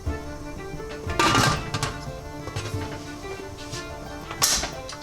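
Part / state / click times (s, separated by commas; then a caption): pressure cooker lid onto the pot / seated / 4.4 s. A metal lid is closed and locked onto a pressure cooker pot to seal it, with music playing throughout and a loud bump of handling at about 1.2 s. The lid clicks into its locked position at 4.4 s, sealing the pot.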